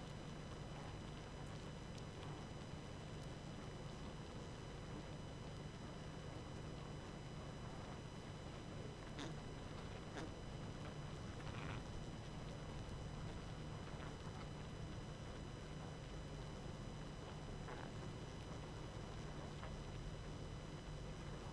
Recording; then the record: honeybee colony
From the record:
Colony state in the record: active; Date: 12 June 2018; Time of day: 21:10